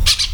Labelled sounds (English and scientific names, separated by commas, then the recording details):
Brown-throated Parakeet (Eupsittula pertinax) contact call
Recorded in Venezuela
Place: PN Cerro Saroche, Tierras del Sr. Polo, Edo. Lara
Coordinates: 10.171, -69.518